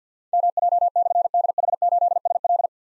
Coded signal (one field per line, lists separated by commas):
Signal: Morse code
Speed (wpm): 52 wpm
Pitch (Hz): 700 Hz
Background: none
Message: MJ/DH8SL